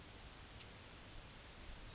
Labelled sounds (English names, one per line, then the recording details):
Yellowhammer song
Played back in grassland
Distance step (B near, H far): F
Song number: 042